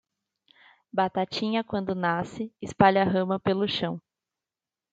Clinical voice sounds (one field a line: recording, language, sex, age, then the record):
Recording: short text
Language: Brazilian Portuguese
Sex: female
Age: 20 to 29 years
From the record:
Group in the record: control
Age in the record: 22 years